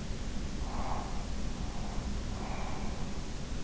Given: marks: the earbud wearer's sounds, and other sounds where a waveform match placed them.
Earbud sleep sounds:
sounds in sleep by an in-ear microphone; breath
0.74-3.00 s: breath

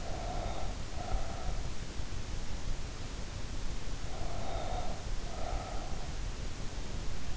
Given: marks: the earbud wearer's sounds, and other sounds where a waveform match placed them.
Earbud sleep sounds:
sounds in sleep by an in-ear microphone; breath
0.00-2.11 s: breath
4.00-6.49 s: breath

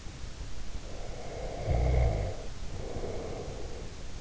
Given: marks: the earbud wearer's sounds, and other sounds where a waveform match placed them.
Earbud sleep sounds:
sounds in sleep by an in-ear microphone; snoring breath
0.90-3.93 s: snoring breath

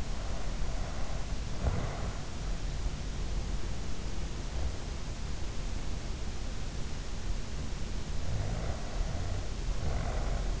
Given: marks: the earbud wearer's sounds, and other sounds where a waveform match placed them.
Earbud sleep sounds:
sounds in sleep by an in-ear microphone; snoring breath
0.00-2.42 s: snoring breath
8.21-10.60 s: snoring breath

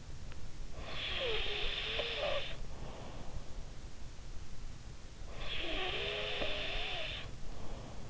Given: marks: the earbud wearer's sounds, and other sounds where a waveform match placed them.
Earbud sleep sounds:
sounds in sleep by an in-ear microphone; snoring breath
0.76-3.61 s: snoring breath
5.19-8.10 s: snoring breath

